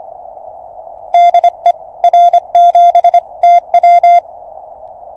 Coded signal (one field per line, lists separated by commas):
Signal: Morse code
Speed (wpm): 26 wpm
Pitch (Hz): 700 Hz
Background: none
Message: DE R7TW